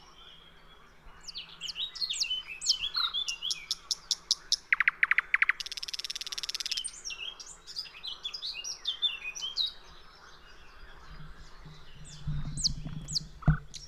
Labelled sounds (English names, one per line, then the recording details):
Thrush Nightingale song
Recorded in the wild
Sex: male
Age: adult
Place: Teerofenbrücke, Nationalpark Unteres Odertal, Brandenburg, DE
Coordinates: 53.1325, 14.3494
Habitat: willow bush
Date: 2001-05-05
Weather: fair, ca. 10°C
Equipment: Sony TCD-D7, Telinga Pro 5
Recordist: Frommolt, Karl-Heinz